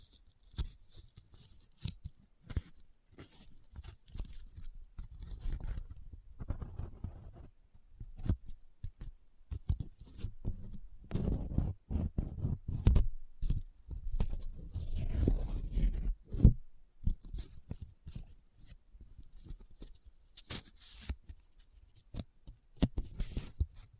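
Close-up paper being folded, rubbed and crinkled, with dense bursts of crackling and scratching that come in uneven clusters. Activity builds to its busiest stretch between about eleven and seventeen seconds, with heavier low thumps from handling, then thins to sparse ticks and rustles.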